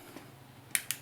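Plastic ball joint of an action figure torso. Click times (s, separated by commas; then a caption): 0.8 s. The plastic shoulder ball joint of an action figure's torso is levered apart during disassembly and pops free with a sharp click at 0.8 s, followed by a second, slightly softer click at 0.9 s. The joint comes apart, leaving a white stress line where the plastic warped.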